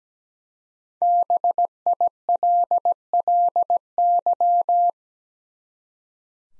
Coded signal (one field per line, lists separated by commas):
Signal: Morse code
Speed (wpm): 17 wpm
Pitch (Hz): 700 Hz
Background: none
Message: BILLY